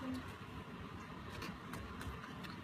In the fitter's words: It's not clicking.